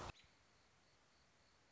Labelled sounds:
American Robin (Turdus migratorius)
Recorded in Sonoma County, California

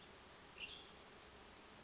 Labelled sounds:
Western Tanager (Piranga ludoviciana)
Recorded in Sonoma County, California

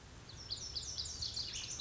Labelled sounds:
Lazuli Bunting (Passerina amoena)
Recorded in Sonoma County, California

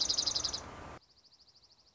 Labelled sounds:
Dark-eyed Junco (Junco hyemalis)
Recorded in Sonoma County, California

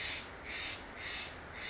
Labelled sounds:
Steller's Jay (Cyanocitta stelleri)
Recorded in Sonoma County, California

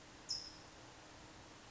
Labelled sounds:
California Towhee (Melozone crissalis)
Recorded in Sonoma County, California

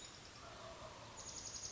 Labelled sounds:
Wild Turkey (Meleagris gallopavo)
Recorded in Sonoma County, California

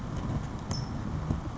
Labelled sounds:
California Towhee (Melozone crissalis)
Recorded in Sonoma County, California

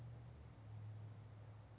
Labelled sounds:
California Towhee (Melozone crissalis)
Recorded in Sonoma County, California

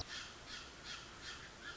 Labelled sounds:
Song Sparrow (Melospiza melodia)
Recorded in Sonoma County, California

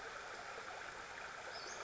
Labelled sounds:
Western Flycatcher (Empidonax difficilis)
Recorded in Sonoma County, California

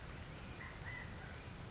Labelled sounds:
California Quail (Callipepla californica)
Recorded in Sonoma County, California

